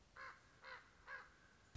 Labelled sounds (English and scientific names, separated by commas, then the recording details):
Common Raven (Corvus corax)
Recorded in Sonoma County, California